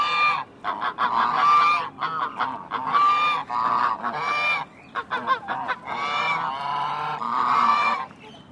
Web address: Sound Effects-Foundation 1 BIRD GEESE CHINESE HONK